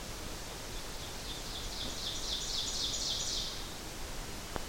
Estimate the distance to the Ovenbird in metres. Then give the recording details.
about 70 m. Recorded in boreal forest in Alberta, Canada, on 12 June 2016 at 06:52. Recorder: SongMeter 3, array SBT-3-18. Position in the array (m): 257 m, 102 m. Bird 31